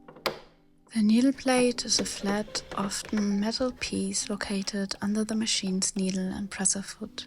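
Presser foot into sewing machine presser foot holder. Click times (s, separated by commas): 0.3 s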